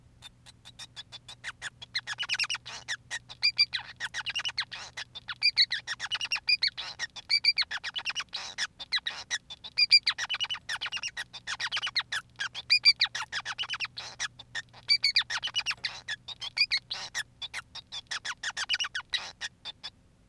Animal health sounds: song of a male Bengalese finch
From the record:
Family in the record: son of father 5

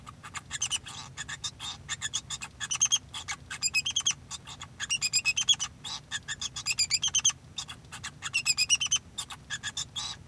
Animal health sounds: song of a male Bengalese finch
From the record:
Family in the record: son of father 2

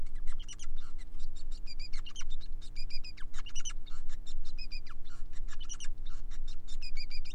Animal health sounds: song of a male Bengalese finch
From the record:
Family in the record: son of father 5

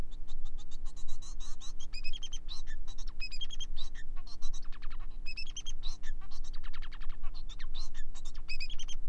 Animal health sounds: song of a male Bengalese finch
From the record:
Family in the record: son of father 4

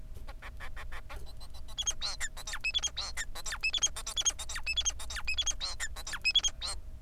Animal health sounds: song of a male Bengalese finch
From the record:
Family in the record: son of father 4

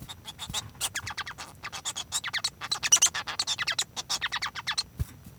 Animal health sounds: song of a male Bengalese finch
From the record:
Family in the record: son of father 1

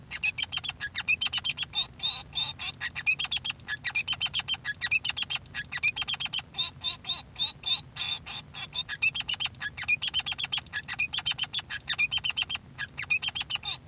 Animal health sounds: song of a male Bengalese finch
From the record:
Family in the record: son of father 3

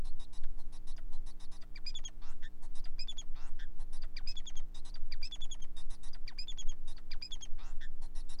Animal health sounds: song of a male Bengalese finch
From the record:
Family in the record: son of father 4

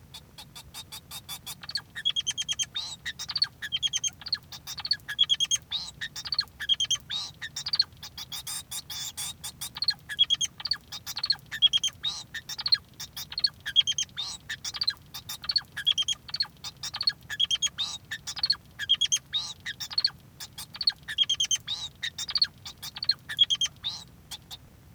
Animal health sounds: song of a male Bengalese finch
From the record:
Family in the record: son of father 2

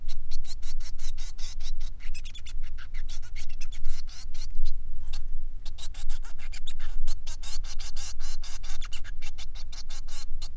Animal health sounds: song of a male Bengalese finch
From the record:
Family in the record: son of father 3

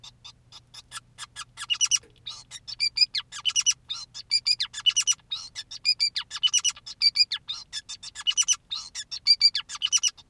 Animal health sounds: song of a male Bengalese finch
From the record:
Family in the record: son of father 2, and himself father 5

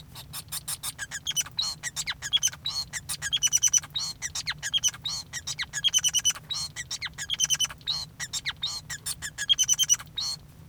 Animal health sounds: song of a male Bengalese finch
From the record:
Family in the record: son of father 5

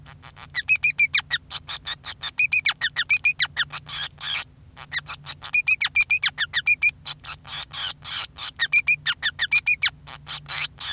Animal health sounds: song of a male Bengalese finch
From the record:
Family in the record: son of father 5

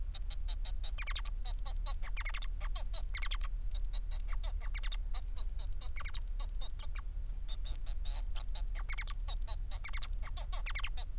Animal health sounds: song of a male Bengalese finch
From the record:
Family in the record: son of father 4

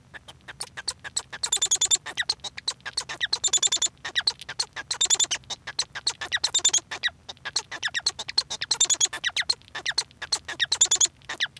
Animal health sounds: song of a male Bengalese finch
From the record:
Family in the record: son of father 1

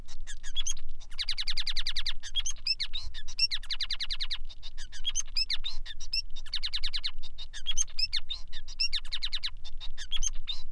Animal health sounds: song of a male Bengalese finch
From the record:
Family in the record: son of father 5

